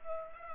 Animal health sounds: mosquito wingbeat signal from an infrared sensor; Culex pipiens

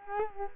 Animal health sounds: mosquito wingbeat signal from an infrared sensor; Culex quinquefasciatus

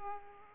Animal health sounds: mosquito wingbeat signal from an infrared sensor; Aedes aegypti

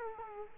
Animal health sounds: mosquito wingbeat signal from an infrared sensor; Culex quinquefasciatus

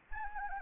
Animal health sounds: mosquito wingbeat signal from an infrared sensor; Anopheles arabiensis

